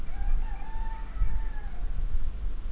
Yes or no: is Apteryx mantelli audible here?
no